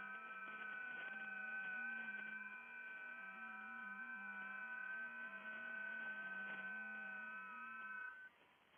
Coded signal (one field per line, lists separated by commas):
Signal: FT8